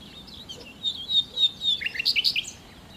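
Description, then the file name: Common nightingale: a drawn-out high whistle, then a quick string of chattering notes. "Nachtigall"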